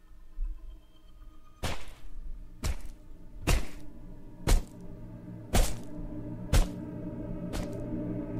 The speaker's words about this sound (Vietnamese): Đán đã liên tục vung dao chặt xuống.